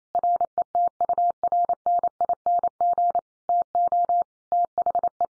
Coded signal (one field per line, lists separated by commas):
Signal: Morse code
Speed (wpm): 28 wpm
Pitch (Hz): 700 Hz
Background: none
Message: RETURNING TO THE